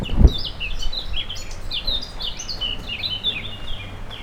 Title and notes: 3 Rue des Pélicans, 73100 Aix-les-Bains, France - Fauvettes. Près du Sierroz allée Marcel Mailly , les fauvettes sont sans concurrence à cette époque , le niveau du Sierroz est très bas